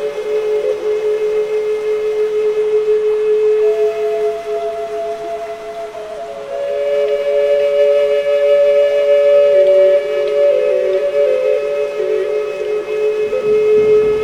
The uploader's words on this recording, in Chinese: 雨&长笛&大自然。